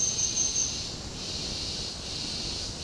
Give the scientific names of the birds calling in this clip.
none